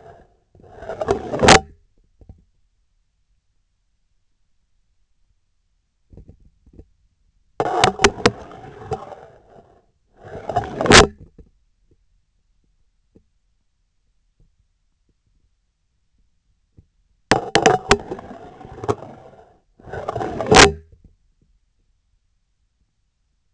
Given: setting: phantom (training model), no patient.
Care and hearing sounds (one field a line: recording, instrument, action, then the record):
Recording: laparoscopic instrument, vibration sensor on the handle end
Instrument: scissors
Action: insertion and removal through the trocar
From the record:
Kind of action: spatial motion